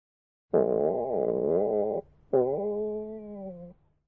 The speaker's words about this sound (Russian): Это не у меня урчит в животе. Я знаю. В японском языке для обозначения этого звука используют слово «г».